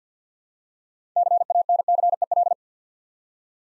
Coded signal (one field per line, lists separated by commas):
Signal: Morse code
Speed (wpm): 47 wpm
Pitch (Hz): 700 Hz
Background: none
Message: CANCEL